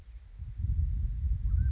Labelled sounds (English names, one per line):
Mountain Quail